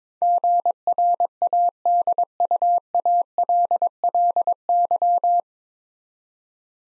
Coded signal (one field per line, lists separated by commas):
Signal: Morse code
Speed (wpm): 22 wpm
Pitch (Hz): 700 Hz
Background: none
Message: GRADUALLY